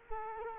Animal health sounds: mosquito wingbeat signal from an infrared sensor; Culex quinquefasciatus

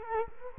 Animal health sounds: mosquito wingbeat signal from an infrared sensor; Culex quinquefasciatus

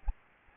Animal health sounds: mosquito wingbeat signal from an infrared sensor; Aedes albopictus

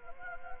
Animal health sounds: mosquito wingbeat signal from an infrared sensor; Anopheles gambiae

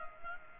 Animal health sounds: mosquito wingbeat signal from an infrared sensor; Culex pipiens

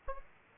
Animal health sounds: mosquito wingbeat signal from an infrared sensor; Aedes aegypti

